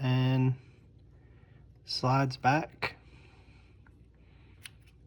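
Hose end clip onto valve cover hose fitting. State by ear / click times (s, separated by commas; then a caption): seated / 4.7 s. On a 2012 Mini Cooper S Coupe during a valve cover replacement, the plastic clip on the end of a hose is hooked over a raised edge on the engine valve cover fitting and slid back into its groove. Someone talks at first, then after a quiet pause a short, sharp click at 4.7 s marks the clip locking into place. The clip is seated and the hose should no longer move.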